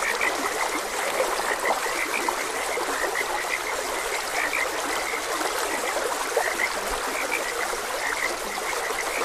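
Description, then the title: Frogs croaking in a chorus, short bright notes repeated irregularly over a steady rushing, trickling stream that fills the background throughout. Frogs croaking beside a gentle stream. "Gentle Stream and Frogs Croaking"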